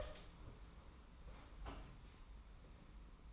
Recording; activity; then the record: daily activity, microphone in the room; open door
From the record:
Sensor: 1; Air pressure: 991.6 hPa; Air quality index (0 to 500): 129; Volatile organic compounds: 382 ppm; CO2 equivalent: 4642 ppm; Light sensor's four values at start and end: 33/109/42/44 and 33/109/42/43